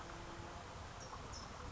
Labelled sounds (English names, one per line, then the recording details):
California Towhee
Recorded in Sonoma County, California